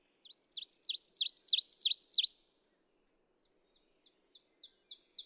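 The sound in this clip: Ovenbird singing a loud run of emphatic two-part phrases that grows in strength, followed after a pause by a softer repeated series.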